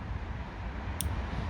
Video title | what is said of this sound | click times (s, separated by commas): How to *REMOVE* the side indicator from your BMW! [1 series, 3 series, 5 series, 7 series] | so that's clearly clipped in now | 1.0 s